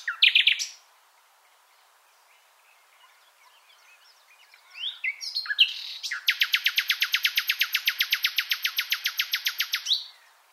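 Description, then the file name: Common nightingale song: a brief loud burst of notes, soft scattered notes, then a long, fast, even run of sharp repeated notes for about four seconds. "Luscinia megarhynchos"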